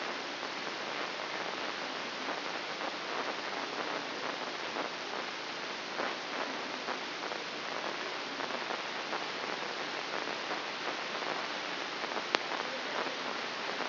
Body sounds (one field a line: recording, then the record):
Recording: brain microelectrode recording played as sound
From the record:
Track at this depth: inside the subthalamic nucleus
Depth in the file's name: 6.705 mm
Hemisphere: left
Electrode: 3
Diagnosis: Parkinson's disease